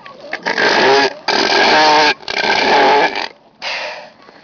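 Northern elephant seal giving harsh, guttural roars: four rasping bursts of about a second each, separated by brief pauses.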